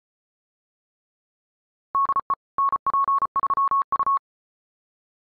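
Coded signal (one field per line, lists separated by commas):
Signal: Morse code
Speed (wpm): 34 wpm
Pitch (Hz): 1100 Hz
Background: none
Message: DE NP3U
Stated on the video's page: High-speed QRQ CW training.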